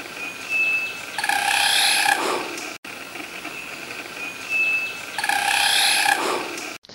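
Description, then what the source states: Rufous-sided Broadbill wing display: a loud, whirring mechanical buzz, heard twice. Bird flies in a circle from a branch in a display, possibly courtship; sound made by beating wings rather than the voice.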